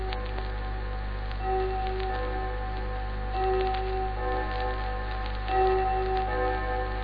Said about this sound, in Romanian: Și atunci bătea ceasul.